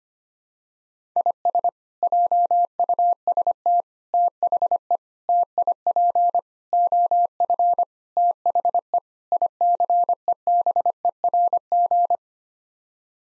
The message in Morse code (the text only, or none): IS JUST THE TIP OF THE ICEBERG